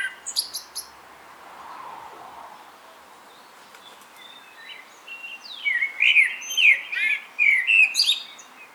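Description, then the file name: Common blackbird song: a brief high twitter at the start, a long quiet gap, then loud mellow warbled phrases with squeaky high endings. "Turdus merula"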